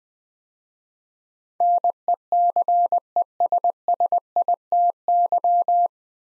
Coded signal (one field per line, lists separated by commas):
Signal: Morse code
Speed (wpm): 21 wpm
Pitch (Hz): 700 Hz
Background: none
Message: NECESSITY